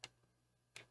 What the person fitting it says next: I like the little click. That's very satisfying.